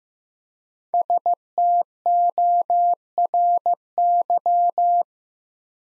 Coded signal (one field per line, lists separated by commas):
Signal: Morse code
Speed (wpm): 15 wpm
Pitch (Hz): 700 Hz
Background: none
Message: STORY